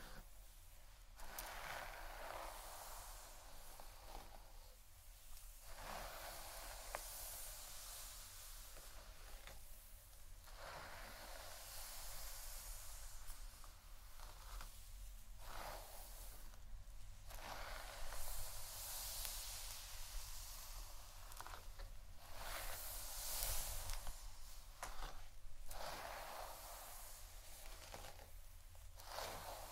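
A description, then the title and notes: Hair is brushed in repeated soft, hissy strokes, each a bright rustling sweep lasting a second or two, coming every few seconds with short gaps between. The sound is steady in level, with a constant low hum underneath throughout. ASMR Real Hair Brushing & Head Massage （No Talking）.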